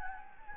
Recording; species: mosquito wingbeat signal from an infrared sensor; Anopheles gambiae